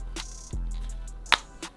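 An ear cushion is pried off a headphone earcup, and its second clip on the clip ring releases with a sharp, loud click at 1.3 s. Faint ticks and a low background hum surround it, and the clip comes free.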